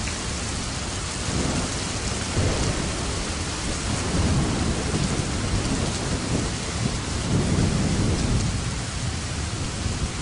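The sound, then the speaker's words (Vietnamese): Heavy rain pours in a steady, dense hiss while low thunder rumbles roll beneath it in slow swells, a raging storm on a mountain, loud and unbroken throughout with no voices. “Noãn Tâm chân trần một mạch chạy xuống núi, nước mắt trong cơn điên cuồng của mưa gió bão bùng, không thể nhìn phân biệt đó là nước mắt hay nước mưa.”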